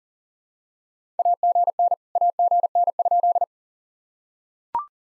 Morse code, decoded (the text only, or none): AGN AGN?